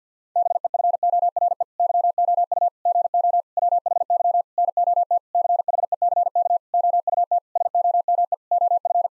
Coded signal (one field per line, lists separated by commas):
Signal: Morse code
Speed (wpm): 50 wpm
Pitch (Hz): 700 Hz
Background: none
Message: BEFORE YOU GO WHY NOT CHECK OUT SOME OF